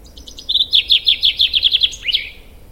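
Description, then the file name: Common chaffinch singing a single cheerful phrase: a rattling series of high notes tumbling downward, finished with an emphatic twisting end note. "Fringilla coelebs"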